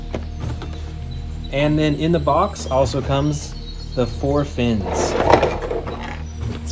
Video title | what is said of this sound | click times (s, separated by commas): GIGANTIC Jurassic World Dino Biggest-to-Smallest Lineup - T-Rex, I-Rex, Giganotosaurus, & More! | here's the tail let's go ahead and attach the tail and it just clicks right in | 0.1 s, 0.6 s